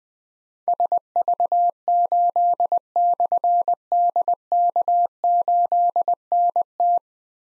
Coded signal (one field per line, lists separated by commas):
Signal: Morse code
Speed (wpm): 20 wpm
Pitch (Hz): 700 Hz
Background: none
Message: SV8/DK8NT